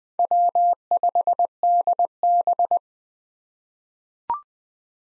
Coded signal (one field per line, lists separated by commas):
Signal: Morse code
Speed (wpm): 20 wpm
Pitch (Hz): 700 Hz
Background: none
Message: W5DB